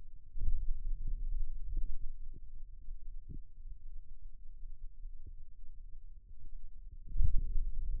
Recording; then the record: forearm muscle sounds (acoustic myography)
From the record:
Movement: finger pinch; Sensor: system 2, bracelet of six BSWA MPA416 microphones around the upper forearm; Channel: 4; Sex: male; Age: 22 years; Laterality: right